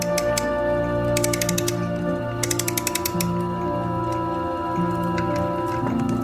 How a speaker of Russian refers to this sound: Алексей Петрович не спит, у себя в кабинете поправляет часы.